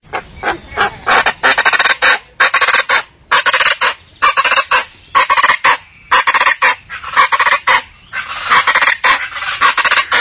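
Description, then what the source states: Turkey calling in harsh, rattling bursts, about one a second, with brief gaps between the loud raspy outbursts. Black hen turkey.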